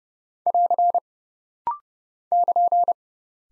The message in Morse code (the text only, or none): <AR> <KN>